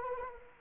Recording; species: mosquito wingbeat signal from an infrared sensor; Anopheles arabiensis